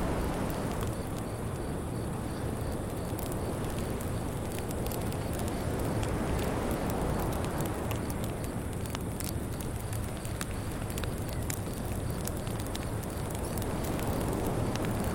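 Soft sea water washes steadily along a beach beneath the gentle crackle of a beach fire, its small pops and snaps scattered throughout. A thin, continuous chorus of cicadas hums high above, and the whole scene holds an even, unchanging level.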